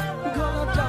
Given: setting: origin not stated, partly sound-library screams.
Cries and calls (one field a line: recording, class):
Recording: one-second piece from a danger detection set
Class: normal situation